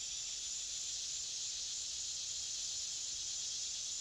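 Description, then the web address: Cicadas in a steady, dense, hissing buzz that holds at a high pitch without a break, with no other clear sounds. Forest background ambience of cicadas. "Sony Creative Software Sony Pictures Sound Effects Series Volumes 1-10 Volume 8 Backgrounds Forest Cicadas"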